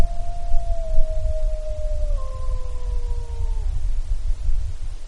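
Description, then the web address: Wolf howls: a long howl slowly falling in pitch, joined midway by a higher second howl, both fading together, under a steady low rumble. Recorded in Alaska on 29 April 2015 at 22:54. "alaska. Wolves"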